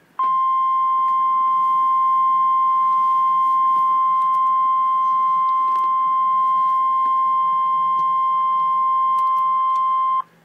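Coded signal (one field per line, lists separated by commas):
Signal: Emergency Alert System (SAME) tones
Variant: 1050 Hz attention tone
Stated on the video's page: Real severe thunderstorm warning alert.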